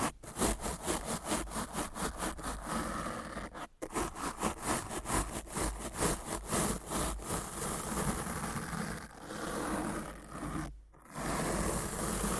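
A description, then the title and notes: Rough scratching and brushing on a microphone, made of quick repeated strokes that fill the range from low rumble to bright hiss. The strokes come fast and fairly regular for the first eight seconds, then turn into a smoother, steadier rub. Brief silent gaps break in near four and eleven seconds. ASMR Rough Mic Scratching & Brushing (No Talking).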